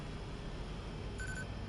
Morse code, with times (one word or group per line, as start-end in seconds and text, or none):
none